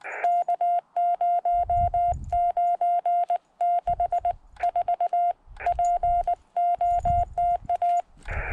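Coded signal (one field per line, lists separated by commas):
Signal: Morse code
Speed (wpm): 19 wpm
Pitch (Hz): 700 Hz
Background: none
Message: K0964 POTA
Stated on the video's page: Parks on the Air activation at a national monument.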